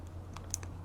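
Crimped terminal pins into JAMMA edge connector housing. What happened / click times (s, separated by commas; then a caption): A crimped pin clicked home in the connector housing / 0.5 s. Crimped terminal pins that had not fully gone in are pushed into a plastic JAMMA edge connector housing, and they are sometimes difficult. Over a steady low hum, faint ticks at 0.4 s and 0.6 s surround a sharp, bright click at 0.5 s as the pins seat home.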